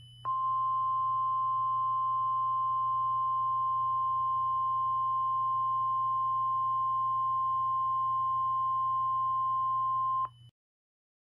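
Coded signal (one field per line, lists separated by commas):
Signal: Emergency Alert System (SAME) tones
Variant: 1050 Hz attention tone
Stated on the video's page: Fictional EAS scenario, a simulated alert made as a meme-inspired story.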